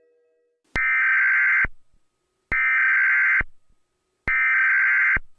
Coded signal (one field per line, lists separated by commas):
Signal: Emergency Alert System (SAME) tones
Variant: header bursts